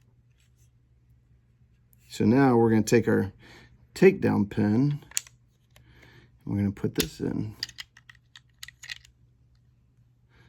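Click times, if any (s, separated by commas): 8.6 s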